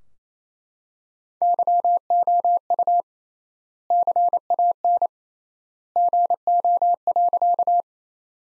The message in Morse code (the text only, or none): YOU CAN GO.